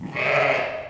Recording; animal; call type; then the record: contact call of a hoofed animal; sheep; low-frequency (closed-mouth) or high-frequency (open-mouth) call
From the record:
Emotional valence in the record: negative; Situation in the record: short social isolation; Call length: 0.90 s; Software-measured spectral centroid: 1900 Hz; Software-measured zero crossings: 2420 a second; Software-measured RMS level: -23 dBFS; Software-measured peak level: -9 dBFS